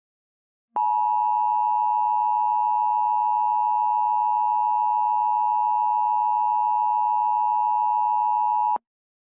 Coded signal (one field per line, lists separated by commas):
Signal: Emergency Alert System (SAME) tones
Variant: 853 and 960 Hz attention tone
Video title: EAS Scenario 9: Tornadic Phenomenon